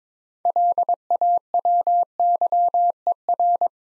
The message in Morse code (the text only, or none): LAWYER